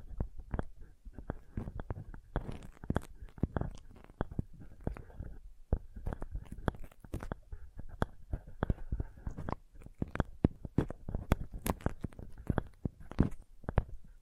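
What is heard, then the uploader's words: Sensitive tapping in quick, uneven bursts, with sharp clicks and soft thuds crowding together almost continuously for the whole stretch. The taps vary in weight, some dull and low, others crisp and bright, with only brief pauses near six and ten seconds. ASMR Sensitive Tapping (No Talking).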